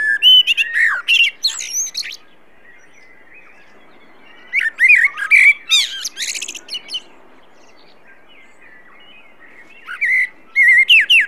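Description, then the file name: Common blackbird, mellow warbling phrases mixed with thin high-pitched squeaks, sung in three separate bouts with silent pauses of a few seconds. "Turdus merula"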